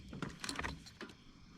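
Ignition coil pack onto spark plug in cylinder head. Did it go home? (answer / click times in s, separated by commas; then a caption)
no / none. An ignition coil pack is handled and pushed down into the plug well toward the spark plug in the cylinder head of a BMW M6. Faint rustling is broken by a cluster of short, sharp taps around 0.5, 0.6 and 0.7 seconds. Nothing has seated or clicked yet.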